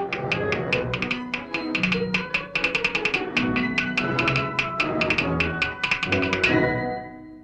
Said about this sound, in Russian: Зайчонок в такт музыке стучит лапками по пню.